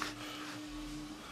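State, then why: Seated. An M42-to-Nikon lens adapter, lined up red dot to white dot on the camera's bayonet mount, is turned until it clicks home at 0.0 s with a single short, sharp hit. A steady tone and low background sound continue through the rest of the clip. The adapter is seated.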